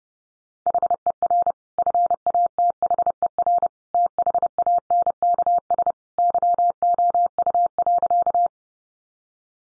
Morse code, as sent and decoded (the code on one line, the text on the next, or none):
.... . .-. / ..-. .- - .... . .-. / - .... .- -. -.- ... / -.-- --- ..- .-.-.-
HER FATHER THANKS YOU.